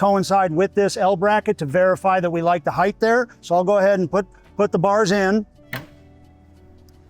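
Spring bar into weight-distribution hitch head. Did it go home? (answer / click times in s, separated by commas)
yes / 5.7 s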